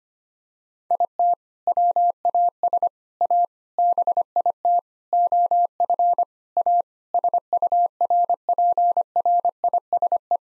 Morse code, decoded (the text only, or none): IT WAS A BIT OF A SURPRISE